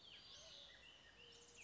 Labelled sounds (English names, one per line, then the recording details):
Western Flycatcher
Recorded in Sonoma County, California